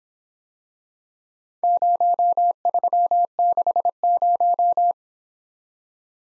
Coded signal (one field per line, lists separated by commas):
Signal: Morse code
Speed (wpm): 26 wpm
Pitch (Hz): 700 Hz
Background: none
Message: 0360